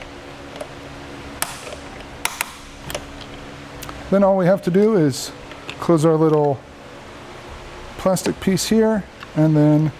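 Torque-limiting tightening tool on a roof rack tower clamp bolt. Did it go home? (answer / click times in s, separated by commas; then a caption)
yes / 1.4 s, 2.2 s, 2.4 s, 2.9 s, 3.9 s. The included torque-limiting tool is turned on a tower clamp bolt of a Yakima RidgeLine roof rack for flush rails on a 2013 Chevrolet Cruze, after the clamp has been brought roughly even on both sides. Sharp clicks at 1.4, 2.3, 2.4, 2.9, 3.0 and 3.9 seconds show it reaching its set torque. Someone then talks over a steady low background hum.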